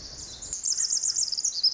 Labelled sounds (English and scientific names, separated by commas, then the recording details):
Pacific Wren (Troglodytes pacificus)
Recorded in Sonoma County, California